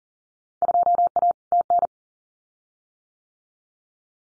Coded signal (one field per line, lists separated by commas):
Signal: Morse code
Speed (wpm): 38 wpm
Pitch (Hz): 700 Hz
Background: none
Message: 2A TN